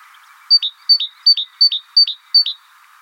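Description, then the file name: Great tit loudly repeating six crisp two-note phrases, a high note sliding to a lower one, roughly every third of a second. "Parus major"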